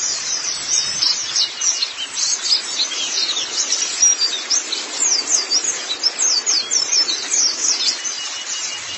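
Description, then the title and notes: White-eye song, an unbroken high twitter of quick, sibilant notes. "Suara kicauan burung pleci"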